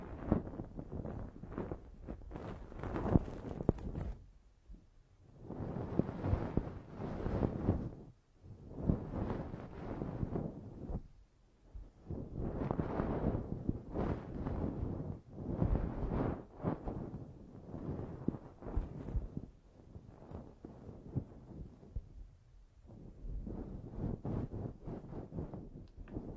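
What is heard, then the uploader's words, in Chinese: Ear-cleaning sounds in 8D: rough, scratchy rubbing and rustling that swells in bursts of a few seconds, with short pauses around 4, 8, 11 and 20 seconds. The scraping is dense and muffled, with a deep rumble under brighter crackles. 8D掏耳朵！360° 环绕触发。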